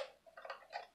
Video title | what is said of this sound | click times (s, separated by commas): ZUHAFA Z2HC - Micro Wi-Fi Fpv Foldable Drone | Then it snaps right in. | 0.4 s, 0.5 s